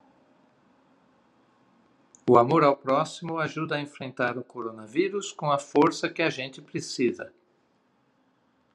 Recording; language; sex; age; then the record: spoken sentence; Brazilian Portuguese; male; 50 to 59 years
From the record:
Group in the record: control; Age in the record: 53 years